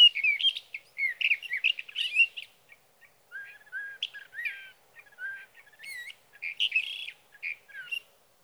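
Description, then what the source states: Sage thrasher pouring out a long varied warble, with a slower stretch of low downslurred whistles midway before rapid phrases resume. Male singing through the night near his night roost, evening June 12 to morning June 15, 2018, Sierra Valley, California; recorded on a Swift recorder.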